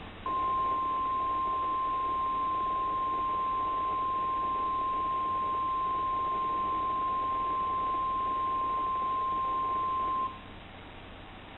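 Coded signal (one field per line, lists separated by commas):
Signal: Emergency Alert System (SAME) tones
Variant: 1050 Hz attention tone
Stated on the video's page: Required Weekly Test from NOAA Weather Radio station in Milwaukee, streamed.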